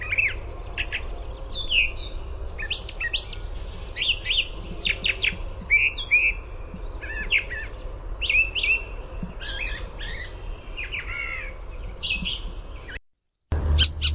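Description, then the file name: Brown thrasher song, a lively string of varied whistled and buzzy phrases, with a brief silent gap near the end and low background rumble. "BRTH song"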